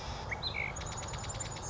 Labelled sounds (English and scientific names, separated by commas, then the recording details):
Chestnut-backed Chickadee (Poecile rufescens)
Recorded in Sonoma County, California